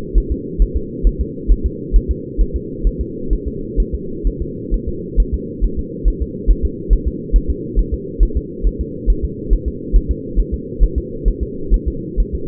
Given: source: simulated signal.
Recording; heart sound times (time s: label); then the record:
fetal heart sounds
0.18 s: S1
0.32 s: S2
0.62 s: S1
0.76 s: S2
1.07 s: S1
1.21 s: S2
1.52 s: S1
1.66 s: S2
1.96 s: S1
2.11 s: S2
2.41 s: S1
2.56 s: S2
2.87 s: S1
3.01 s: S2
3.33 s: S1
3.48 s: S2
3.80 s: S1
3.94 s: S2
4.27 s: S1
4.42 s: S2
4.74 s: S1
4.88 s: S2
5.20 s: S1
5.34 s: S2
5.64 s: S1
5.79 s: S2
6.08 s: S1
6.22 s: S2
6.51 s: S1
6.65 s: S2
6.93 s: S1
7.07 s: S2
7.36 s: S1
7.50 s: S2
7.79 s: S1
7.94 s: S2
8.23 s: S1
8.37 s: S2
8.67 s: S1
8.81 s: S2
9.10 s: S1
9.25 s: S2
9.53 s: S1
9.68 s: S2
9.96 s: S1
10.11 s: S2
10.40 s: S1
10.54 s: S2
10.83 s: S1
10.98 s: S2
11.28 s: S1
11.43 s: S2
11.74 s: S1
11.88 s: S2
12.20 s: S1
12.35 s: S2
From the record:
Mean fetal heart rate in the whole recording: 135 bpm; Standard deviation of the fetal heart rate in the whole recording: 3 bpm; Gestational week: 36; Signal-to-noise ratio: -4.3 dB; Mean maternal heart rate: 72 bpm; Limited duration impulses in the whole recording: absent